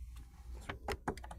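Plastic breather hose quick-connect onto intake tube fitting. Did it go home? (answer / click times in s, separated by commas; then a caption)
yes / 1.1 s. A hard plastic breather hose with a spring quick-release end is pushed onto the anodized fitting on a new intake tube, which has been rotated so the two line up. A few plastic taps come at 0.7 s and 0.9 s, then a sharp snap at 1.1 s as the quick-connect seats, followed by light ticks. The hose ends up seated on the fitting.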